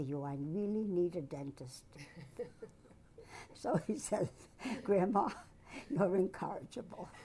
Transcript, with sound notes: I really need a dentist." [laughter] So he says, "Grandma, you're incorrigible."